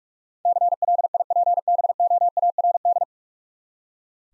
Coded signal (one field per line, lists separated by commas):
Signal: Morse code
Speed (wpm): 44 wpm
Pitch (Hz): 700 Hz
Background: none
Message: CLIPBOARD